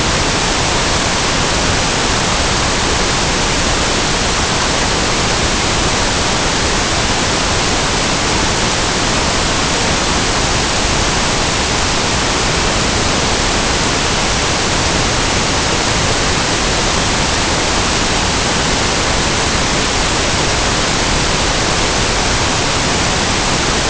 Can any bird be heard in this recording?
no